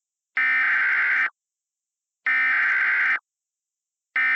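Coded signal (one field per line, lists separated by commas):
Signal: Emergency Alert System (SAME) tones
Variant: header bursts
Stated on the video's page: EAS administrative message.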